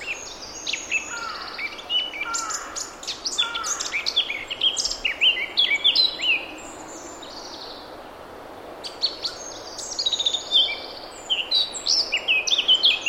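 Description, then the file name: Eurasian blackcap song, long rich warbling with rapid mixed notes, brief pauses, then renewed busy phrases near the end. "Sylvia atricapilla"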